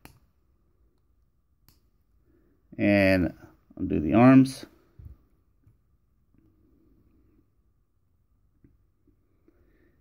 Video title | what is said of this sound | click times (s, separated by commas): Powerglide - Transformers Generations / Combiner Wars Action Figure Review | and they snap just like they did in that gun mode. | 0.0 s, 1.7 s